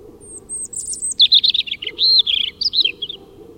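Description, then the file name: European robin song: a thin high sustained whistle leading into a rapid tumbling jumble of warbled, rising and falling notes. "Erithacus rubecula"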